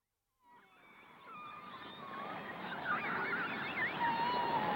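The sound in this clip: Whale calls: wavering tonal whistles and drawn-out moans fade in after a brief silence, then overlap and grow louder over a steady background hiss.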